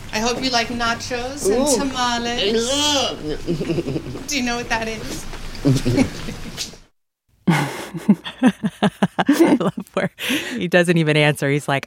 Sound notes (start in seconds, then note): 3.4 laughter; 5.6 laughter